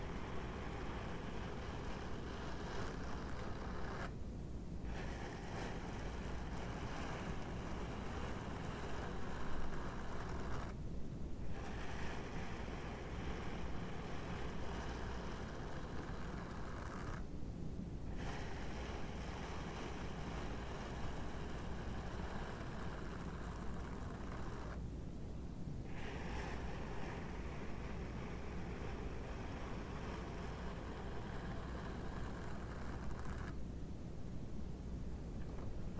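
Continuous rubbing of rubber gloves fills the clip with a dense, even rustle and a low steady rumble underneath. The brighter scratchy layer briefly drops out about every seven seconds, near 4, 11, 17, 25 and 33 seconds, then resumes.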